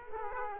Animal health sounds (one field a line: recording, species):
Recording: mosquito wingbeat signal from an infrared sensor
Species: Aedes aegypti